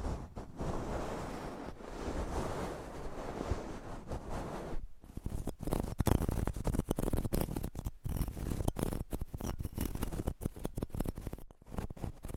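Nails scratch across a microphone cover, making a dense, rushing scrape that sounds a little like surf or wind. For the first five seconds the scratching is fairly steady and full. After that it breaks into quick, choppy strokes with brief silent gaps between them.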